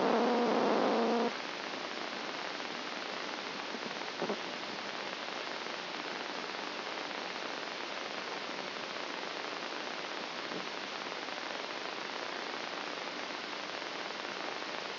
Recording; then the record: brain microelectrode recording played as sound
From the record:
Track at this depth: inside the subthalamic nucleus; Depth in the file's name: 0.628 mm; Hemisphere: left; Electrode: 2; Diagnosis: Parkinson's disease